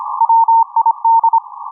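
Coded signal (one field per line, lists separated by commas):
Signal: Morse code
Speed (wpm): 25 wpm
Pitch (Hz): 910 Hz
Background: none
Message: WID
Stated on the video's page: 80m amateur Morse on 3.557 MHz, received with a Nooelec SDR and HamItUp upconverter.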